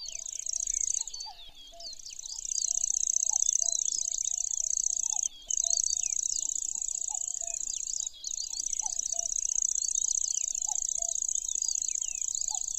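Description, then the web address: Lanceolated warbler giving a long high, even reel broken by three brief pauses, over scattered chirps from other birds and soft low repeated notes. "makinosennyu"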